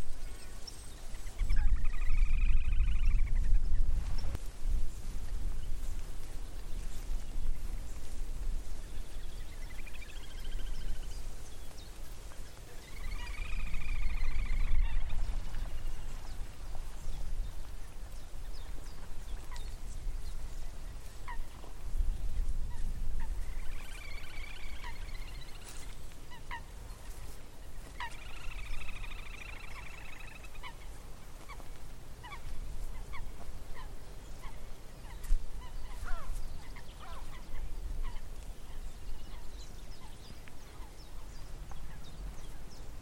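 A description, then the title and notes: Birdcalls in the Avalon Marshes, with wavering, curving calls rising and falling around the middle of the range, coming in bursts near 2–4, 12–15, 24–26 and 29–31 seconds. Thin, sharp ticks and short notes are scattered throughout over a low, steady rumble. Eerie birdcalls from the Avalon Marshes. Sun spills over the Avalon Marshes, driving away the last vestiges of winter. Recorded by Fergus Collins.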